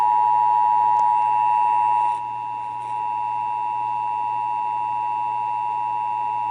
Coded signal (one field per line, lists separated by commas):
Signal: Emergency Alert System (SAME) tones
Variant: 853 and 960 Hz attention tone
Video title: (EAS #458) Severe Thunderstorm Warning (WBAP-AM)